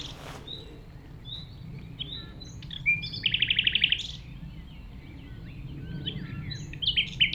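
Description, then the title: Common nightingale song: scattered whistles, then a loud, fast, evenly repeated note series lasting about a second, followed by more varied phrases over a low background rumble. Singing at Chindrieux, France; the recordist walks through tall grass to approach it, and while singing it ignores outside noises. "195 Rue de Vars, Chindrieux, France - approche d'un rossignol"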